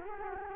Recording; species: mosquito wingbeat signal from an infrared sensor; Culex quinquefasciatus